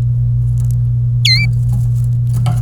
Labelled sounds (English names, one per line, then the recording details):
Domestic Canary song
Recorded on 26 April 2018 at 10:12
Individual llb3